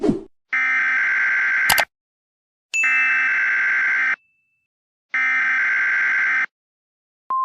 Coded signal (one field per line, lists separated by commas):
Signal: Emergency Alert System (SAME) tones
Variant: header bursts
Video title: EAS Scenario - Carti Fans Ramapge